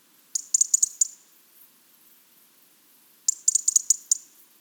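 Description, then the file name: European robin ticking, two separate runs of crisp, high clicks, the second run longer. "Erithacus rubecula"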